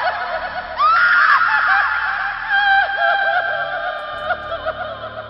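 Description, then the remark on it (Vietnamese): An eerie, ghostly wailing cry from an ancient Tang-dynasty corpse in a tomb chamber rises suddenly and keeps going for several seconds, its high, reedy pitch bending and wavering up and down in sobbing swoops, loud and alone without any talking. “Lúc này là nghe cái xác cổ đời đường kia phát ra một tràng tiếng khóc gào.”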